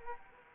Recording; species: mosquito wingbeat signal from an infrared sensor; Anopheles arabiensis